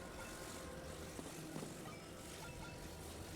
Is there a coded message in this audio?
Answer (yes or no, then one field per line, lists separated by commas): no